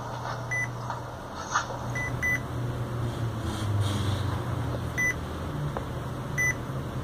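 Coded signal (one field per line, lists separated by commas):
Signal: none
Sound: car radio button beeps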